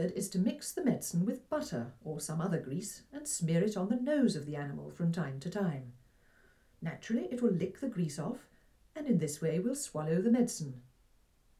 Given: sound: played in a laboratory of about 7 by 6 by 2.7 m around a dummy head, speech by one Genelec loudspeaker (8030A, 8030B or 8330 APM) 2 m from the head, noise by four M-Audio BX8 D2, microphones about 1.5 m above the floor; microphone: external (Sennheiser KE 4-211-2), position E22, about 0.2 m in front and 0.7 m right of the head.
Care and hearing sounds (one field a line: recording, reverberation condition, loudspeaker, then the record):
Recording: female speech in English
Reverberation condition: low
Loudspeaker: 150 degrees to the right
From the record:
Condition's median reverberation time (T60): about 310 ms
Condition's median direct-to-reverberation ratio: about 3.5 dB